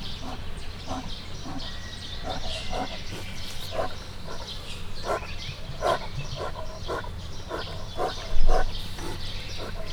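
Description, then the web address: Brown bear snuffling, a steady run of short, rough, puffing breaths, with one louder huff near the end over a low background rumble. Captive brown bear in a zoo in Miskolc, 2018, heard from above while breathing and snuffling. "miskolcizoo 2018 professzionalis barna medve"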